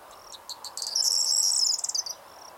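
Corn bunting singing one phrase: spaced ticking notes accelerating into a dense, glassy jangle that fades with a few final clicks.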